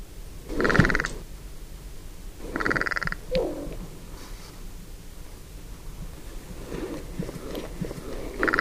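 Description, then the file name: Carrion crow giving three rasping calls, the first two close together and a third at the end, with a short squeaky note after the second, over low background hum. "Corvus corone"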